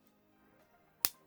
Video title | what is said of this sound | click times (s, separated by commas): Hifiman Sundara Best Replacement Cable Under $25 Dollars! | as you guys can see, they do fit and they snap into place. | 1.0 s